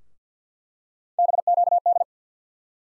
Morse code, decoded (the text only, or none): BQD